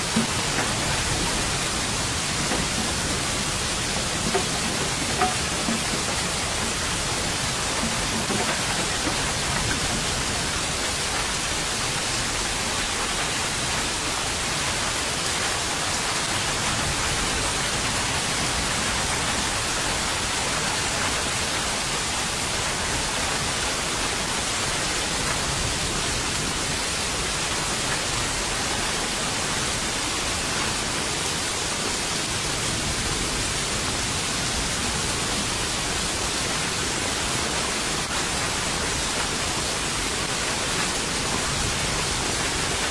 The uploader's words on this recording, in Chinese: 3D白噪音 下雨声。